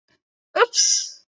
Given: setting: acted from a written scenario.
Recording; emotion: vocal sound without words; shame